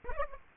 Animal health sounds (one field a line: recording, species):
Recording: mosquito wingbeat signal from an infrared sensor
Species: Aedes aegypti